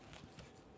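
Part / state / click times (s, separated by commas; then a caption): electrical connector into ignition coil pack / not seated / none. An electrical connector is handled and pressed toward the ignition coil pack on a 1998-2011 Ford Ranger 2.3L L4, giving soft scraping and two brief ticks at about 0.2 s and 0.4 s. Nothing has seated or clicked yet.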